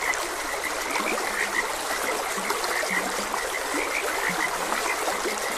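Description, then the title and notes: Chorus of frogs, sharp high croaks repeating and some low drawn-out croaks, set against continuous trickling water. Frogs croaking beside a gentle stream. "Gentle Stream and Frogs Croaking. Sleep and Relaxation Podcast"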